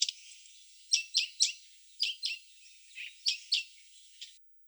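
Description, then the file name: Blyth's reed warbler giving sparse, high, sharp chirped notes, roughly one or two every second, with soft gaps and faint background hiss between them. "Acrocephalus dumetorum"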